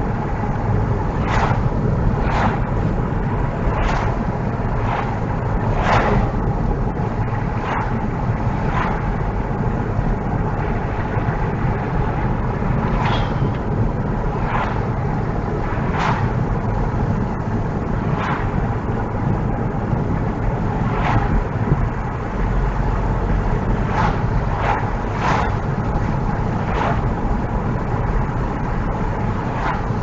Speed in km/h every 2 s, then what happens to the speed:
56, 56, 56, 55, 56, 56, 56, 56, 55, 55, 55, 56, 56, 55, 55.
0-30 steady at about 56.